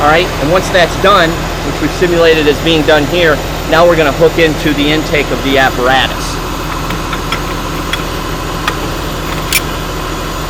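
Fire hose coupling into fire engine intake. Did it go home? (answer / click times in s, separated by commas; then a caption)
yes / 8.7 s. A fire hose coupling is connected to a fire engine's intake while someone talks over a running, idling engine. After the talking stops, a few sharp knocks ring out, the loudest at 8.7 s, when the coupling clicks onto the intake and the line is secured.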